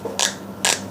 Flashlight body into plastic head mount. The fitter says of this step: seperti ini dan pastikan bunyi klik